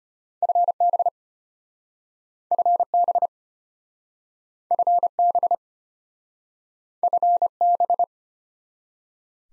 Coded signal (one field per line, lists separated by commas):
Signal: Morse code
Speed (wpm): 34 wpm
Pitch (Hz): 700 Hz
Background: none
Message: FB FB FB FB